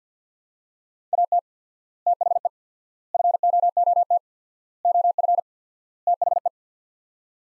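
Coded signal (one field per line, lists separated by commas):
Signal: Morse code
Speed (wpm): 50 wpm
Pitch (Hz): 700 Hz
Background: none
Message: AT THE FOOT OF THE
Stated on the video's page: Morse practice sets of five words at 50 wpm with 4x word-spacing, a Farnsworth-like method for head-copying.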